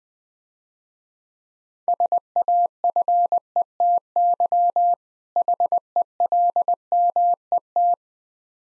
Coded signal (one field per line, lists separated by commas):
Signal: Morse code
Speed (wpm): 20 wpm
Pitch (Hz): 700 Hz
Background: none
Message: SAFETY HELMET